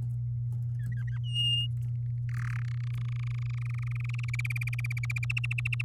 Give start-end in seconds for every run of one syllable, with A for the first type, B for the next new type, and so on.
0.79-1.18 A, 1.23-1.67 B, 2.29-2.60 C, 2.62-4.30 D, 4.33-5.82 E